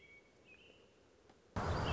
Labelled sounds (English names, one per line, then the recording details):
American Robin
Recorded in Sonoma County, California